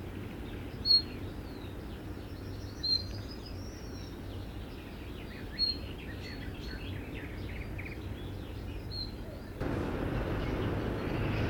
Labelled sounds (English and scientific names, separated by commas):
Thrush Nightingale (Luscinia luscinia)